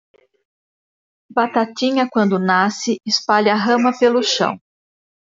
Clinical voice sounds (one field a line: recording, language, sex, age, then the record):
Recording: short text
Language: Brazilian Portuguese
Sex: female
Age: 50 to 59 years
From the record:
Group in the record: control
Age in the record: 50 years